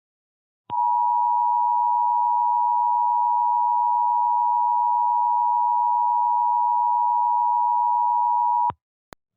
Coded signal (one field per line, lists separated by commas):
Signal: Emergency Alert System (SAME) tones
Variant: 853 and 960 Hz attention tone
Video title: EAS Scenario 5: The Connecticut Shootings